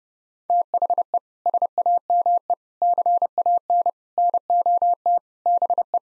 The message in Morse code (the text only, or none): THE SAME CAN NOT BE